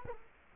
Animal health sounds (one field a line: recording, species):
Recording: mosquito wingbeat signal from an infrared sensor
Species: Culex quinquefasciatus